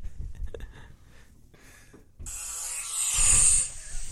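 A loud, harsh, rasping inhaled snore from an adult woman sleeping, with a low rattle, building to a peak after faint room noise; likened to a chainsaw.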